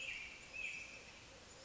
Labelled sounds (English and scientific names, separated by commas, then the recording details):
American Robin (Turdus migratorius)
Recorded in Sonoma County, California